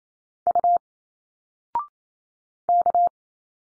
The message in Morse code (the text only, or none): U K